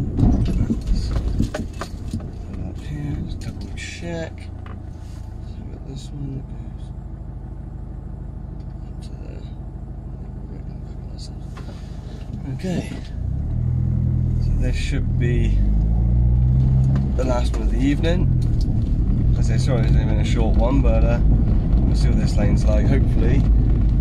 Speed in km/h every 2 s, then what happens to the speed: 11, 5, 0, 0, 0, 0, 0, 3, 13, 16, 21, 21.
0-3 brakes to 0. 3-13 standing. 13-19 pulls away to 21.